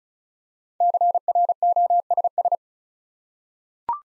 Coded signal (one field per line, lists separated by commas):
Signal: Morse code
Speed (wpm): 36 wpm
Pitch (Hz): 700 Hz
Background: none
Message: CROSS